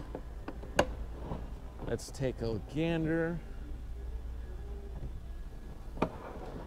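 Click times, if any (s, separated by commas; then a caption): 6.0 s. A plastic modular storage box is set onto a stacked modular rolling tool storage unit, with a few light knocks early on while someone talks. The box latches into place with one sharp click at 6.0 s, and the unit is seated and locked onto the stack.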